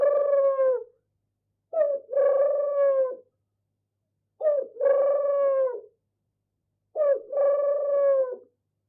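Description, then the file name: Turtle dove giving a series of four low, rolling purrs with quiet gaps between, the later three each opened by a quick note. "Animal Turtle-Dove"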